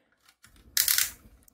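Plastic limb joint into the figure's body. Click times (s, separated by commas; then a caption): 0.8 s, 0.9 s, 1.0 s. A plastic limb joint on a transforming robot figure is rotated until it seats into the figure's body, clicking into its locked position. After faint handling rustles, sharp plastic clicks land at 0.8, 0.9 and 1.0 seconds, with one more tiny tick near the end. The part is seated and locked.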